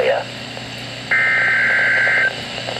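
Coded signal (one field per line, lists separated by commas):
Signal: Emergency Alert System (SAME) tones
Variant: header bursts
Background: speech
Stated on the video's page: Real EAS tornado watch alert; a radio did not go off because of bad reception.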